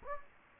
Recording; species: mosquito wingbeat signal from an infrared sensor; Anopheles gambiae